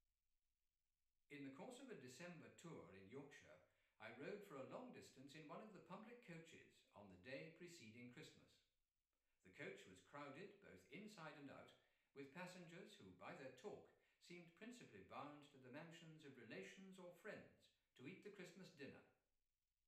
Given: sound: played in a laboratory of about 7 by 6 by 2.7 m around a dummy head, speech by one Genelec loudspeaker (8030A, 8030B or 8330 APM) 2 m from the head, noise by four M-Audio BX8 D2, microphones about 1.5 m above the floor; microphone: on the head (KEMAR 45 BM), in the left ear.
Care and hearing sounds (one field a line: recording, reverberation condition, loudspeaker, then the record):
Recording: male speech in English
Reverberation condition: medium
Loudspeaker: 150 degrees to the left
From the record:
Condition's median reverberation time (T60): about 510 ms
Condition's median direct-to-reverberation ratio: about -0.5 dB